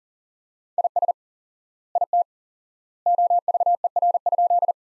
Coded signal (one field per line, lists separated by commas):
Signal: Morse code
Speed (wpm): 40 wpm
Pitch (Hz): 700 Hz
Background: none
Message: IS IT OVER?